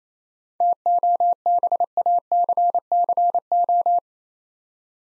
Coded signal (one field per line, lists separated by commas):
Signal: Morse code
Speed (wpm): 28 wpm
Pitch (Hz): 700 Hz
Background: none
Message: TOBACCO